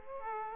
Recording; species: mosquito wingbeat signal from an infrared sensor; Aedes aegypti